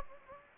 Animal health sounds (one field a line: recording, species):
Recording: mosquito wingbeat signal from an infrared sensor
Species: Anopheles gambiae